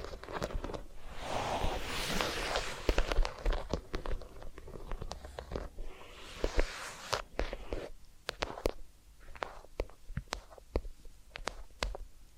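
Ear cleaning and massage sounds: crackly rubbing and scratching with dense, rustling bursts around the second and sixth seconds. Between and after them come sharp, irregular clicks and taps, sparser and quieter toward the end, over a faint low rumble.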